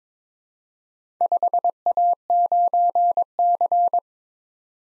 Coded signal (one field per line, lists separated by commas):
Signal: Morse code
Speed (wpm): 22 wpm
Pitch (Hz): 700 Hz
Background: none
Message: 5A9C